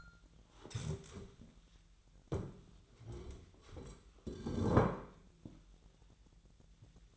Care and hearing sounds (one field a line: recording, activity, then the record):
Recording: daily activity, microphone in the room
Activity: stand up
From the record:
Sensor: 3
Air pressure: 1001.6 hPa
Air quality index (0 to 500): 248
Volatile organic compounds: 143 ppm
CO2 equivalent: 3990 ppm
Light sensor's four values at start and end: 11/27/11/11 and 8/17/7/7